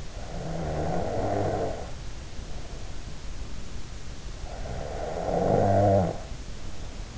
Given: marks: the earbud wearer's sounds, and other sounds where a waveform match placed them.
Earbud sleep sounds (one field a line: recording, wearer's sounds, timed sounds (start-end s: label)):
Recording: sounds in sleep by an in-ear microphone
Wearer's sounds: snoring breath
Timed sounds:
0.00-3.18 s: snoring breath
4.22-7.08 s: snoring breath